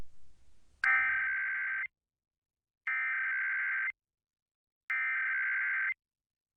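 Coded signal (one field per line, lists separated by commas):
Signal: Emergency Alert System (SAME) tones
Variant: header bursts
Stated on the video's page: 2021 National Periodic Test on WBAL 1090 AM, not sent via IPAWS; poor audio quality; valid SAME header tones.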